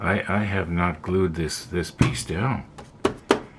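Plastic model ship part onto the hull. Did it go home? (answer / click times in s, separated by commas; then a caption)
yes / 3.3 s. A person talks, then an unglued plastic part of a 1/200 scale model ship is pressed onto the hull, with small clicks of handling and a sharp snap at 3.3 seconds. The part snaps into place by friction fit and is seated without glue.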